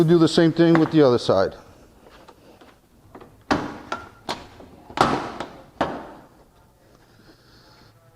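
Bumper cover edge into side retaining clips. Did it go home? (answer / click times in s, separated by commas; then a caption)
yes / 3.5 s, 3.9 s, 5.0 s, 5.8 s. Someone talks at the start, then the other side of the plastic bumper cover on a 2008 Honda Civic is pushed onto its side retaining clips. Sharp snaps are heard at 3.5, 3.9, 5.0 and 5.8 seconds as the bumper cover edge seats into the clips. Everything snaps into place.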